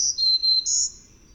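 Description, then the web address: Black-throated green warbler song fragment: thin, high, drawn-out notes, a lower held tone then a higher one, fading after about a second. North America. "Songs of Birds of North America Know Your Bird Sounds Common Western Species 35-Black-throated Green Warbler"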